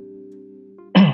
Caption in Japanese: 咳が止まらないので配信休みます。 ほんと咳が止まらないので、完全に良くなるまでポッドキャスト停止させてもらえればと思います。